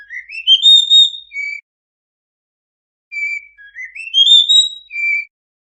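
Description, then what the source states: Oriental magpie-robin: two clear whistled phrases, each rising steeply then ending on a short lower note, separated by a pause; the second opens with an extra short note. Singing kacer (Oriental magpie-robin) in gacor full-song condition; master recording meant for owners of kacer that do not sing.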